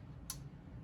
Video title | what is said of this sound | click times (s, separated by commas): Lubrication of Trumpet | you hear that click it's in you're all good | 0.3 s